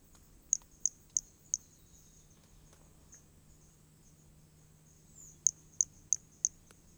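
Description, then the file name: Hermogenes' pumpkin toadlet calling in two bouts of four brief, piercing high notes each, separated by a few quiet seconds with a continuous background hiss. Recorded specimen from Corcovado; notes mention specimen one and two, starting notes lost, recorded without interruption. "MHNCI Brachy hermogenesi Corcovado specimen one two starting notes lost without interruption"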